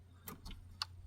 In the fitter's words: Plug your mass air flow sensor back in. Make sure you hear this lock into place and